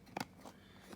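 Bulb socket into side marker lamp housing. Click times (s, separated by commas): 0.2 s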